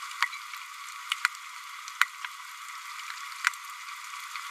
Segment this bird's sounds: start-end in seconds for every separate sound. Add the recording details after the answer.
2.00-2.06. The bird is a female. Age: 28 days. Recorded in a nest box in Venezuela. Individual 17B102A5